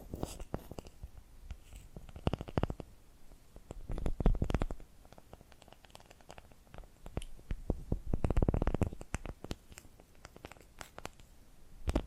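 Irregular tapping and scratching, with dense clusters of sharp taps near four and eight seconds, sparser clicks between them, and quiet gaps.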